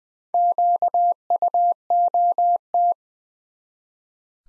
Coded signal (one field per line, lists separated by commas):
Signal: Morse code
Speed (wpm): 20 wpm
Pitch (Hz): 700 Hz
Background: none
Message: QUOT